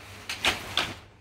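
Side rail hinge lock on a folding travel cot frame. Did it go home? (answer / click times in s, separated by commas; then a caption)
yes / 0.8 s. The first side rail (arm) of a folding travel cot is lifted until its hinge lock seats. Two short knocks sound at 0.3 and 0.5 s, then a sharp click at 0.8 s as the rail locks up into place.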